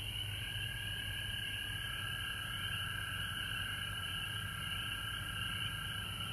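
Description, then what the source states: Frog chorus of steady high trills sustained throughout, many callers blending together over a low droning background. Recorded at home in Georgia on March 19, 2020.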